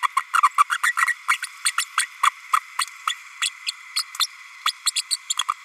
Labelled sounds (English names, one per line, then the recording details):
Green-rumped Parrotlet babbling
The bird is a female
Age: 32 days
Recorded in a nest box in Venezuela
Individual 17B32A5